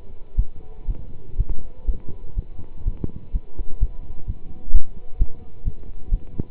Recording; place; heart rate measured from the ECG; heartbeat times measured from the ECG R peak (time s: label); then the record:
heart sounds by stethoscope; between the tricuspid and mitral areas; 125 bpm
0.36 s: heartbeat
0.87 s: heartbeat
1.37 s: heartbeat
1.86 s: heartbeat
2.35 s: heartbeat
2.84 s: heartbeat
3.32 s: heartbeat
3.79 s: heartbeat
4.26 s: heartbeat
4.72 s: heartbeat
5.18 s: heartbeat
5.64 s: heartbeat
6.10 s: heartbeat
From the record:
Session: pedaling a stationary bicycle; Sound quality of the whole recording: good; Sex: male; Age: 27 years